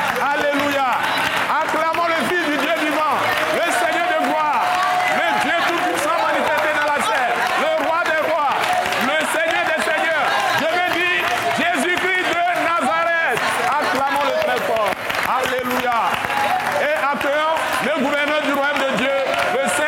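An audience bursts into sustained applause and cheering in acclaim of God, the Father of Jesus Christ: a dense, loud wash of clapping mixed with excited shouting voices that continues steadily for the whole stretch without pause.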